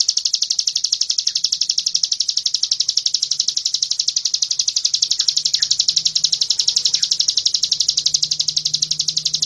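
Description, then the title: Bird trilling nonstop in rapid, evenly spaced high buzzy pulses, unchanging in pitch, over a faint low hum. Masteran recording, meaning a training recording used to tutor songbirds. "Suara masteran Burung"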